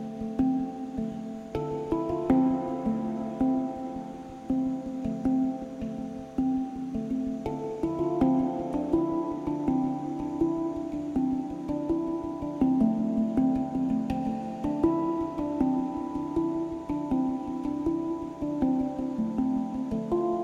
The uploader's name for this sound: Handpan